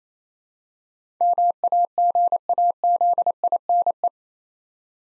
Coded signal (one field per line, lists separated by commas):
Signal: Morse code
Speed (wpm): 27 wpm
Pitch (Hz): 700 Hz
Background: none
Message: MAGAZINE